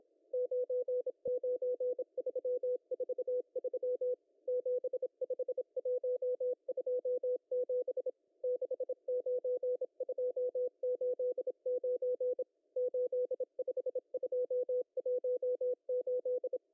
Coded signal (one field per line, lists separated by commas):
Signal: Morse code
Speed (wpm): 27 wpm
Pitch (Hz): 500 Hz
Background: none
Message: 99343 75127 69289 85218